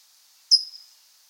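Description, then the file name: California towhee giving a single sharp, high, brief chip, with only faint background noise before and after. "Melozone crissalis - California Towhee"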